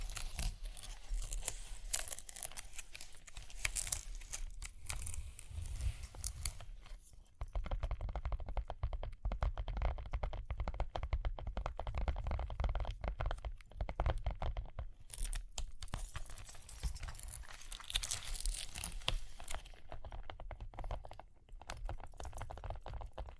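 Tapping and scratching sounds run dense and busy for the whole stretch, with rapid, irregular crackles like crinkling or tearing. A low rumbling thump sits underneath throughout, and brighter hissy scratches swell around the first few seconds and again near fifteen to nineteen seconds.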